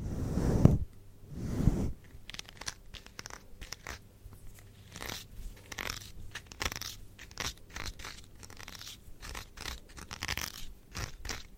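Haircut and scalp treatment rubbed on a mic: two heavy low thumps early, then dense crackly scratching and crunching bursts continue irregularly throughout.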